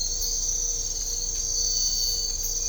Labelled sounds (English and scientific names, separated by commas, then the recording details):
none
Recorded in dense forest near Puerto Asís, Putumayo, Colombia, on 22 December 2024 at 03:30
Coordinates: 0.500, -76.322
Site G053